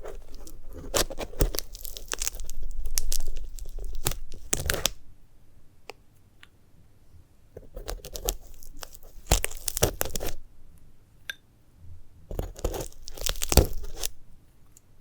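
Handling a dried sunflower head produces bursts of crisp tearing and crunching, with sharp bright crackles scattered through each burst. Activity comes in three clusters, roughly the first five seconds, around eight to ten seconds, and twelve to fourteen seconds, separated by near-silent pauses.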